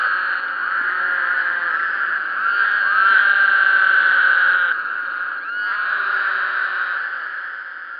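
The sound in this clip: Woodhouse's toad chorus: many overlapping nasal, buzzy calls forming a continuous drone that swells in the middle, then dips and resumes with fresh rising notes.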